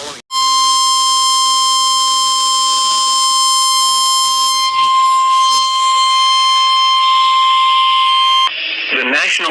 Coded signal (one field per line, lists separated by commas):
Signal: Emergency Alert System (SAME) tones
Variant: 1050 Hz attention tone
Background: speech